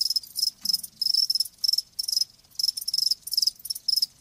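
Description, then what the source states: A cricket chirps in clustered high pulses, groups of quick bursts separated by short pauses. Live crickets chirping with a lulling song.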